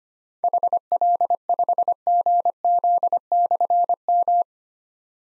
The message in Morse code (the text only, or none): HL5GZ/M